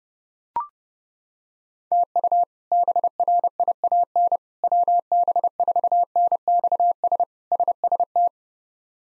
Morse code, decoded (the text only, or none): TU BRIAN WB4NXS SST